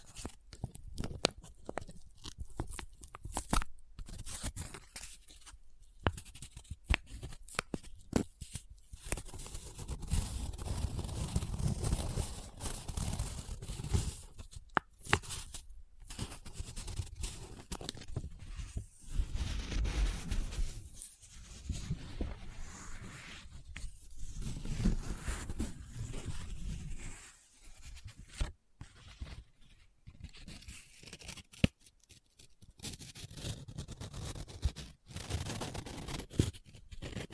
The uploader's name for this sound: Close Up Paper Sounds - Folding, Scratching, Rubbing, Crinkle